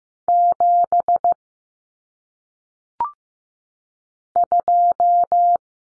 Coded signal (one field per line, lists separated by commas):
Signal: Morse code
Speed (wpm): 15 wpm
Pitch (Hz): 700 Hz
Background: none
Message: 7 2